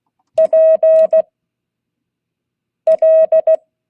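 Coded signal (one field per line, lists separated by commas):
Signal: Morse code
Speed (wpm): 16 wpm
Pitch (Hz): 630 Hz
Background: none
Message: P L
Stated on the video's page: Morse code class.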